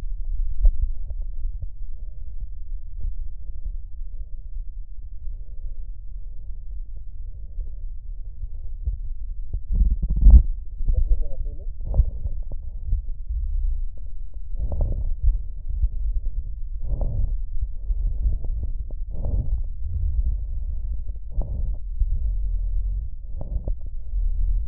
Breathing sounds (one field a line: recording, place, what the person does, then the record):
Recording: lung sounds by stethoscope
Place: right posterior basal chest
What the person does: quiet breathing, then deep breathing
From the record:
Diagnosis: interstitial lung disease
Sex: male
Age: 82 years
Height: 158 cm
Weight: 49 kg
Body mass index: 19.6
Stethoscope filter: extended mode